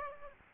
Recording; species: mosquito wingbeat signal from an infrared sensor; Aedes aegypti